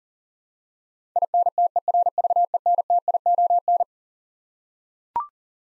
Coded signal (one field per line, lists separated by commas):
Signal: Morse code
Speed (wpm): 37 wpm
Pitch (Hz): 700 Hz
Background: none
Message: INTERVENTION